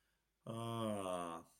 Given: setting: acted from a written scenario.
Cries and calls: vocal sound without words; realization

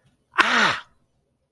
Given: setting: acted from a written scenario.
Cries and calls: vocal sound without words; pain

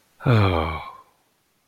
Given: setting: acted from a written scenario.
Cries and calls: vocal sound without words; romantic love

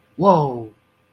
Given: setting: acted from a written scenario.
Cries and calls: vocal sound without words; awe

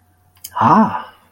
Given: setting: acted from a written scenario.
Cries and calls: vocal sound without words; disappointment

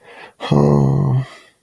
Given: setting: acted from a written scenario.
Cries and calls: vocal sound without words; sadness

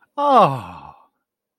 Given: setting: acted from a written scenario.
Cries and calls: vocal sound without words; positive surprise

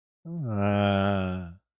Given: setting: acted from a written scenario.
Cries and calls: vocal sound without words; embarrassment

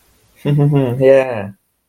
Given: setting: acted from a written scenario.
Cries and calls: vocal sound without words; pride

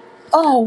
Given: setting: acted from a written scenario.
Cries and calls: vocal sound without words; elation

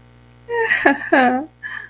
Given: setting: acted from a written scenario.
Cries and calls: vocal sound without words; positive surprise

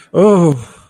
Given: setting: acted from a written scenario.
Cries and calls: vocal sound without words; fear

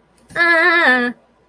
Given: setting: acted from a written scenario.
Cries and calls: vocal sound without words; distress

